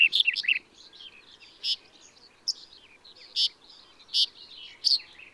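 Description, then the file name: Red-headed bunting song: a quick jumbled burst of high notes, then single clear chips repeated every second or so over a faint hiss. Song recorded in a field at Karaguma, Kazakhstan, on 22 May 2011. "110522 BIO rhbun-S kz karaguma-acker"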